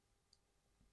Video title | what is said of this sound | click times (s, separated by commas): Unlocking The Secret To Easy Jewelry Changes: The Labret Holding Tweezers You Need! | and apply pressure until it clicks into the lock position. | 0.3 s